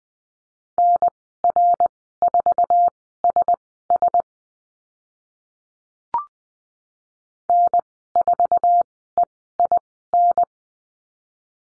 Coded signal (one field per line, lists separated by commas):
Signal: Morse code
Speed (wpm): 20 wpm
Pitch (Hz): 700 Hz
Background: none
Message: NR4SS N4EIN